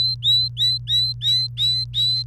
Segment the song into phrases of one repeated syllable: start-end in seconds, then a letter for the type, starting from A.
0.00-2.23 A